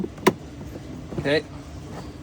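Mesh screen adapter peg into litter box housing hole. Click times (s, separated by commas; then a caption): 0.3 s. A plastic fine mesh screen adapter for a Neakasa M1 cat litter box has its star-shaped peg pushed into the matching star hole in the housing. A sharp snap at 0.3 s shows it seating, and someone talks briefly afterward.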